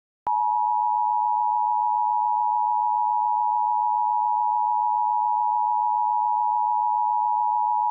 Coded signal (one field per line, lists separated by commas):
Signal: Emergency Alert System (SAME) tones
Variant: 853 and 960 Hz attention tone